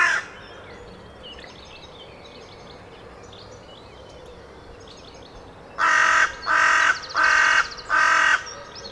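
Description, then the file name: Carrion crow: a caw cut off at the start, then quiet, followed by a run of four grating caws in quick, even succession. "Corvus corone"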